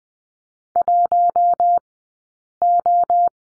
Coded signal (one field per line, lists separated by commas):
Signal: Morse code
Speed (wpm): 20 wpm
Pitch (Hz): 700 Hz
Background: none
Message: 1O